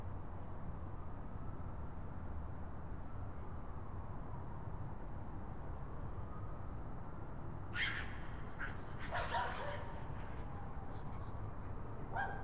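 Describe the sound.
Raccoon calls: a cluster of short, harsh yelping bursts near the end, after a long stretch of steady low rumble and faint wavering hum.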